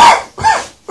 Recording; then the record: coughing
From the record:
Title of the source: Spring Cold Coughing 2